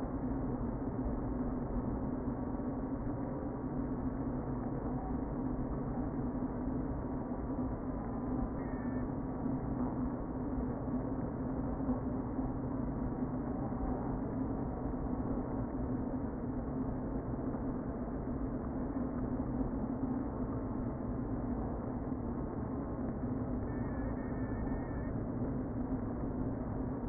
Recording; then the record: honeybee colony, microphone inside the hive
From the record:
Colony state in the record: queen present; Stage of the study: before two queens were removed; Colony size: about 60,000 bees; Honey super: yes